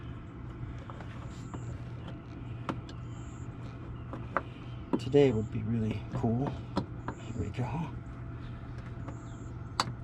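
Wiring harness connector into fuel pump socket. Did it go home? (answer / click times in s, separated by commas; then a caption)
yes / 9.8 s. The wiring harness plug is pushed back onto the plastic connector of an All Balls replacement fuel pump on a 2020 RZR 1000 XP while someone talks over a steady low hum. Several faint taps come first, then the connector latches with a sharp click at 9.8 s, confirming it is seated.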